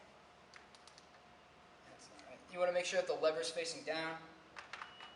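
During reassembly of a machine gun, the buttstock is handled with its lever facing down before being slid onto the receiver. Short, quiet ticks of handling come at about 0.6 to 1.0 s and again at 4.6 to 4.8 s, with someone talking in between. Nothing has seated or clicked home yet.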